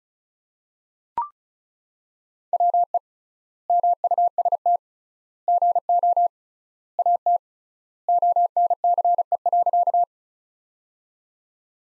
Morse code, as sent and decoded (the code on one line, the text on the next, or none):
.-- . / -- ..- ... - / --. --- / .- - / --- -. -.-. . .-.-.-
WE MUST GO AT ONCE.